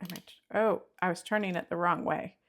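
Someone talks while handling the plastic dose knob on a Zepbound KwikPen injector pen, after realizing it was being turned the wrong way. Nothing has clicked yet; the two priming clicks have not happened within this clip.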